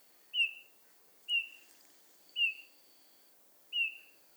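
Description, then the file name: Eurasian bullfinch uttering four soft, plaintive piping notes, spaced roughly one second apart, with a faint thin high tone behind. "Pyrrhula pyrrhula"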